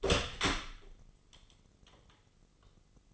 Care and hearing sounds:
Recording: daily activity, microphone in the room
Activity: open door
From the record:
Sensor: 4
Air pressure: 996.9 hPa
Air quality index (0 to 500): 62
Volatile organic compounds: 2 ppm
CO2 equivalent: 1115 ppm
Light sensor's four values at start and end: 19/43/17/18 and 18/41/17/17

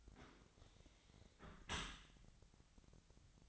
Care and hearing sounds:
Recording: daily activity, microphone in the room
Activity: close dishwasher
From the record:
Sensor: 3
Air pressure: 1003.1 hPa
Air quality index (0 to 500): 195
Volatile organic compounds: 6 ppm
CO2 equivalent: 1900 ppm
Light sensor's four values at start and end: 24/59/25/27 and 23/57/24/26

